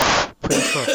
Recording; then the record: coughing mixed with background sound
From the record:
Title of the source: Spring Cold Coughing.